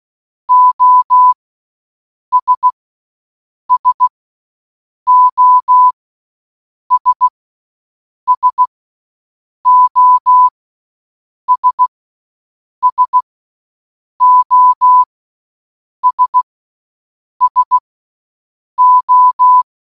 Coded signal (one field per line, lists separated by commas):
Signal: Morse code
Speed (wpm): 16 wpm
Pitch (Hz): 1000 Hz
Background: none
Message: OS SOS SOS SOS SO